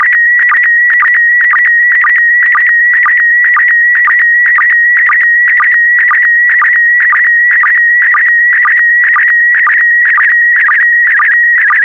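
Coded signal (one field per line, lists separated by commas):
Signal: SSTV (slow-scan television)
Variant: PD120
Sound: warbling tone around 2 kHz with a short low blip twice per second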